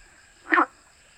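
Frog giving a single brief, rough, sneeze-like croak over a constant thin background whine.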